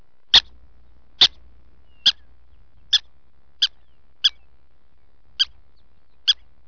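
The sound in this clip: Prairie dog barking: eight sharp, high yipping barks, each brief and clipped, about one every second, over a faint low hum.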